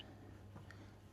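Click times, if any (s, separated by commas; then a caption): 0.7 s. A green plastic retainer clip on the fuel line quick connector at the fuel pump outlet of a CRF450RL is pulled down until it clicks open at 0.7 s, releasing the connector so the fuel line can come off. A softer tap comes just before at about 0.6 s, over a steady low hum.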